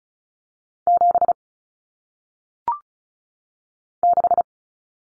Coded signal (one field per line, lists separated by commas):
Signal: Morse code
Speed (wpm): 36 wpm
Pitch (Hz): 700 Hz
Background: none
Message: 7 6